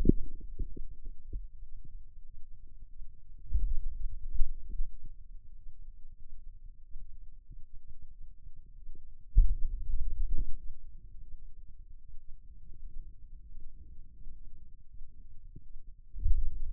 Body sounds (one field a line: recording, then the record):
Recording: forearm muscle sounds (acoustic myography)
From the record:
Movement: pen grasping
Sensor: system 2, bracelet of six BSWA MPA416 microphones around the upper forearm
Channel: 2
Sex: male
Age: 22 years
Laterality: right